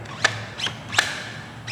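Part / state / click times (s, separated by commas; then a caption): depth adjustment lock on a router base / released / 0.2 s, 1.0 s. The depth lock on the plastic and metal base of a Ryobi R1631K 1-1/2HP router is pulled out of its locking position. This frees the motor to move up and down for setting cut depth. Short, sharp clicks are heard at 0.2 s and 1.0 s, with softer rattles between them, and the lock is released.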